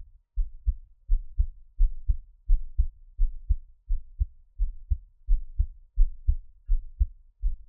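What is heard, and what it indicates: An adult's own heartbeat, recorded close up for Taiwanese ASMR: steady, soft low thumps in lub-dub pairs at about 86 beats a minute, with no talking.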